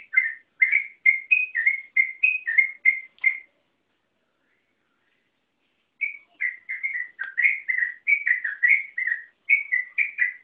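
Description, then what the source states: Yellow-vented bulbul: lively burst of warbled whistles for three seconds, a quiet gap of nearly three seconds, then the rollicking notes return and continue. Local name trucukan; song style called ropel panjang, a long continuous song.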